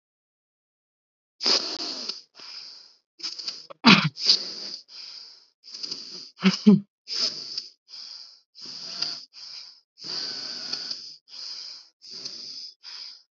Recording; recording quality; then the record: shallow breathing; excellent, no background noise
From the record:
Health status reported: exposed to COVID-19, no respiratory illness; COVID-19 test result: not tested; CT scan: not taken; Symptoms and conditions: sore throat, fatigue, muscle pain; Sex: female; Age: 32 years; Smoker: no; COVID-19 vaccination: both doses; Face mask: worn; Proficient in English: yes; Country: India